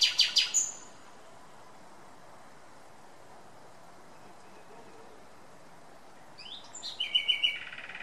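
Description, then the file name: Common nightingale song: a short rapid burst of notes at the start, a long pause, then a phrase of quick repeated notes. "Luscinia megarhynchos"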